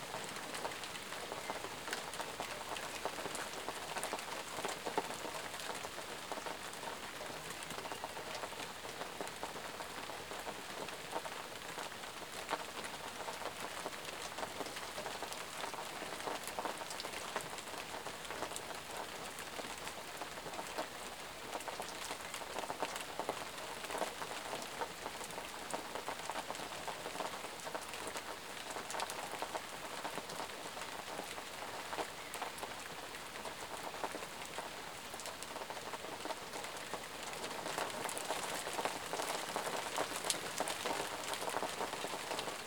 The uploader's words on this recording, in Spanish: Meditación con SONIDO de LLUVIA. Sonido de la lluvia.